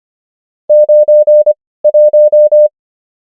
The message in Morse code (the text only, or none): 9 1